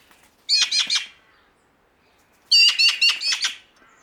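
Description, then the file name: Eurasian magpie chattering harshly in two bursts of several rattling notes, separated by a short quiet gap. "Pica pica"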